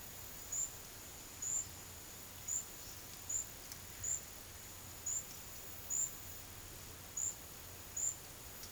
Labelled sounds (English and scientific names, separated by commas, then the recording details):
none
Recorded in pastures near Puerto Asís, Putumayo, Colombia, on 4 March 2025 at 13:00
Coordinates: 0.487, -76.322
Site G077